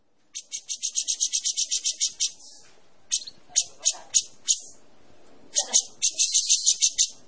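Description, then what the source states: Cucak jenggot song: a long fast rattle of high notes, then scattered single notes, then another quick rattling burst. Persistent, long song ('gacor panjang').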